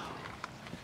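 The soft top latch lever on a Bronco roof frame, fitted with IAG Performance soft top struts, is pushed down on one side until it is fully home. Softer knocks at about 0.3 s and 0.7 s surround one sharp click at 0.4 s as the lever seats and the top sits all the way down.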